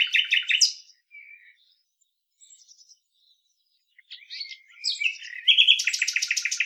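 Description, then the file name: Common nightingale song: loud rapid repeated notes, a quiet pause with soft twitters, then a strong burst of fast staccato trills and chattering phrases. "Luscinia megarhynchos"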